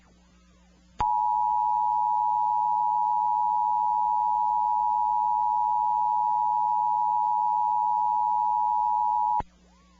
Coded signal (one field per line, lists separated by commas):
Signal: Emergency Alert System (SAME) tones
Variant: 853 and 960 Hz attention tone